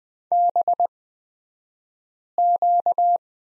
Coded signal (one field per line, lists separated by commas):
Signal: Morse code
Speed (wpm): 20 wpm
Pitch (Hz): 700 Hz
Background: none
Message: BQ